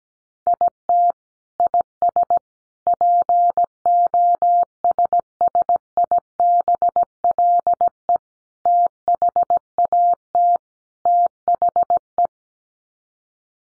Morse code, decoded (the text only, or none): IT IS POSSIBLE THAT THE